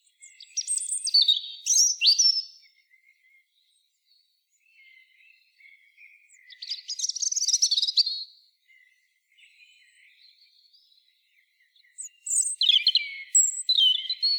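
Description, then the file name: European robin singing three loud, rich phrases of high warbled whistles and trills, separated by softer, quieter twittering passages. "Erithacus rubecula"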